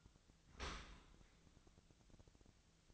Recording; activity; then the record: daily activity, microphone in the room; open dishwasher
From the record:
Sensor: 3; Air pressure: 1003.1 hPa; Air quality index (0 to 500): 196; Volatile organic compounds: 6 ppm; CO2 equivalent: 1913 ppm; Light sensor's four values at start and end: 20/49/21/22 and 20/50/21/22